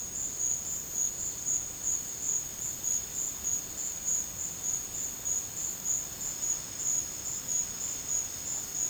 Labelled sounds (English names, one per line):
none